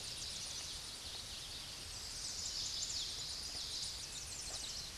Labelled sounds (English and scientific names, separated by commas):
Eastern Towhee (Pipilo erythrophthalmus) song